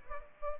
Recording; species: mosquito wingbeat signal from an infrared sensor; Aedes aegypti